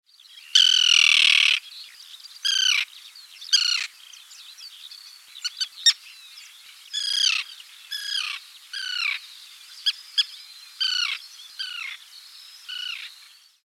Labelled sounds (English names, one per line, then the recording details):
Common Tern
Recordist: Tembrock, Günter
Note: Rufe